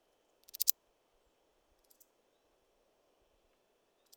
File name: Uromenus rugosicollis